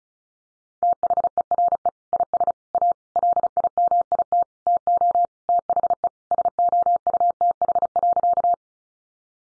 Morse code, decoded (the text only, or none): THERE IS A LIMIT TO THE SOUTH.